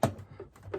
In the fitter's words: can hear it click in there